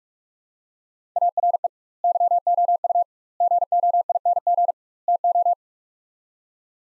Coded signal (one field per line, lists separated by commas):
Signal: Morse code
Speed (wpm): 42 wpm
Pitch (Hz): 700 Hz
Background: none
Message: ARE YOU GOING TO